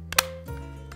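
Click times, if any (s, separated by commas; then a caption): 0.1 s, 0.2 s. A thermostat body is hinged back onto its wall-mounted subbase and pressed closed, giving two sharp snaps at 0.1 s and 0.2 s over a low steady hum. A softer, longer rustle follows around 0.5 s and a faint tick at 0.9 s. The snap means the thermostat is fully seated, so its contact prongs connect to the subbase.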